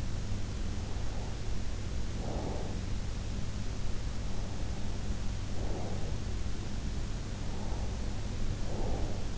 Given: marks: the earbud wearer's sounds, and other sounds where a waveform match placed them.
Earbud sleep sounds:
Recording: sounds in sleep by an in-ear microphone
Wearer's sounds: breath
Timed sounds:
0.83-2.74 s: breath
4.43-6.35 s: breath
7.27-9.38 s: breath

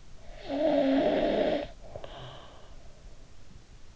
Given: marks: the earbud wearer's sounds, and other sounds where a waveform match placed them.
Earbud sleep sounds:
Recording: sounds in sleep by an in-ear microphone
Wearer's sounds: snoring breath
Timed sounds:
0.10-3.18 s: snoring breath

